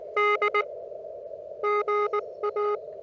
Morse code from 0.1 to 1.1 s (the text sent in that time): D